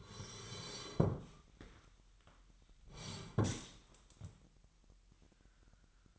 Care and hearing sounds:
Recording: daily activity, microphone in the room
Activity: sit down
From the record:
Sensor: 3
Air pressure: 998.4 hPa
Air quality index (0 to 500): 128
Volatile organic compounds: 3 ppm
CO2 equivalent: 1526 ppm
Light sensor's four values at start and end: 9/20/9/10 and 8/19/8/8

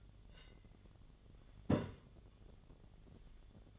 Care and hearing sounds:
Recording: daily activity, microphone in the room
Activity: take from stove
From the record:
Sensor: 4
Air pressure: 1010.9 hPa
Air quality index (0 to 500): 167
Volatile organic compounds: 4 ppm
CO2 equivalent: 1702 ppm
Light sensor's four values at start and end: 41/116/47/48 and 41/116/47/48

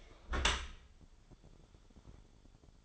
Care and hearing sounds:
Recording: daily activity, microphone in the room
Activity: close dishwasher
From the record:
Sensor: 5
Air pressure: 1015.1 hPa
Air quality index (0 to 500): 150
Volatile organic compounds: 4 ppm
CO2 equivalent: 1620 ppm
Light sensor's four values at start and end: 37/88/36/38 and 37/88/36/38

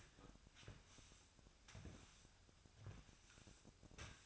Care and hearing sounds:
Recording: daily activity, microphone in the room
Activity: sweep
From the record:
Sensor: 2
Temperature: 25.5 degrees Celsius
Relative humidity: 38.8%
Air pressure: 1006.8 hPa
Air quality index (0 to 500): 198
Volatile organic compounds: 13 ppm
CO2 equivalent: 2426 ppm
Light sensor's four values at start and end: 9/22/9/9 and 9/22/9/9

